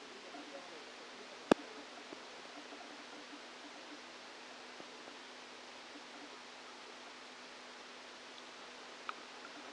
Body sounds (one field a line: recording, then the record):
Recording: brain microelectrode recording played as sound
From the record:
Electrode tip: outside the subthalamic nucleus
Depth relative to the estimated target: -10 mm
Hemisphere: right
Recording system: NeuroSet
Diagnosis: Parkinson's disease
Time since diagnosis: 13 years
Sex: male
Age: 49 years